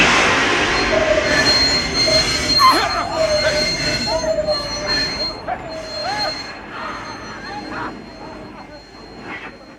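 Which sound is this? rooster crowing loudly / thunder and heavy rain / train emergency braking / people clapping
train emergency braking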